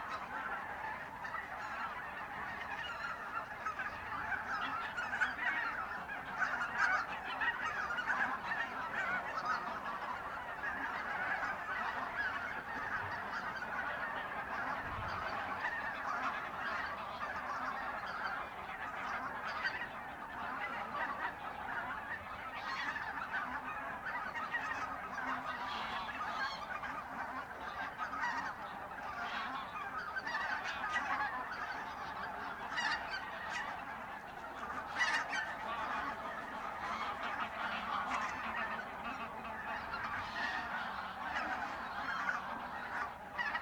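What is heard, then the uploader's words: A large flock of geese honks continuously, a dense, overlapping chorus of calls with no pauses. The sound stays steady in level throughout, mid-pitched, with a soft low rumble of wind or noise underneath. Oies - Geese. Binaural recording of birds at Polder Glies, Sellstedt, Germany. Couple ORTF avec 2 t.bone SC 140 + windjammer Rycote. Enregistrement sur TASCAM DR100 MK3.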